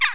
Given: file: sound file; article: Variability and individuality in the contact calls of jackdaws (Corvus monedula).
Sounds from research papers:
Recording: jackdaw call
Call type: harmonic

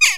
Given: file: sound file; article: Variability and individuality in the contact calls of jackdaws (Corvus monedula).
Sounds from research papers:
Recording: jackdaw call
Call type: harmonic

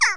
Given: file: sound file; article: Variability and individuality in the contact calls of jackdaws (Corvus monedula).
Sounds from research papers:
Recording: jackdaw call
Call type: harmonic

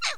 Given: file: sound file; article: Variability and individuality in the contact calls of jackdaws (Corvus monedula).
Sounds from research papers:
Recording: jackdaw call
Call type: noisy

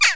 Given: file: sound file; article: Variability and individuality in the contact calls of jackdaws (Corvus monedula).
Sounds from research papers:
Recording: jackdaw call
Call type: harmonic

